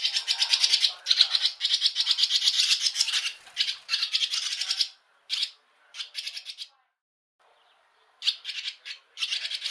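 Harsh rattling bird chatter: long run of rapid buzzy pulses, then shorter broken bursts separated by silent gaps.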